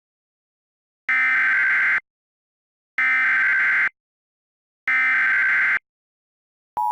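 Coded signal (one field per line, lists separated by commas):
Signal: Emergency Alert System (SAME) tones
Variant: header bursts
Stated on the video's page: EAS SAME tones in a fictional scenario film, a simulated alert rather than a real broadcast.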